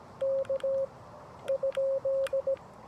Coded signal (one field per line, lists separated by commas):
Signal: Morse code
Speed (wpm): 17 wpm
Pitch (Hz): 540 Hz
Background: none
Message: K ?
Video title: Morse Code with Parks On The Air, K-2755 William B. Umstead State Park (Subtitles)